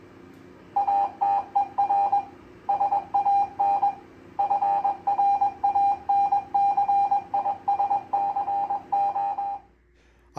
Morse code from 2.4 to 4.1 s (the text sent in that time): SAN